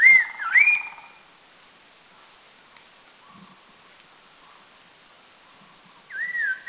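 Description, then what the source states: Red-faced Liocichla giving clear whistled notes that dip and rise, a loud pair at the start and another near the end, with soft lower notes between. Recorded at Doi Lang, northern Thailand.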